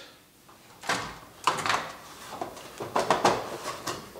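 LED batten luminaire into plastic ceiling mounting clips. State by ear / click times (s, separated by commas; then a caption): seated / 1.5 s, 3.0 s. An LED batten luminaire is pressed up into its plastic ceiling mounting clips, with a series of sharp plastic knocks and snaps as it is positioned. It clicks into the clips at about 1.5 s and 3.0 s and is seated.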